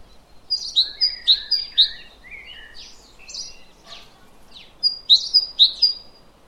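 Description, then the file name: Great tit song: quick repeated high two-note phrases, a few lower chirps in between, then another short run, over background hiss. "Parus major"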